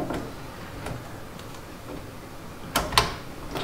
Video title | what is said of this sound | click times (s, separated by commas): $700 budget gaming PC - Is it possible?? | like that push it till it clicks just like that and it does make | 2.8 s, 3.0 s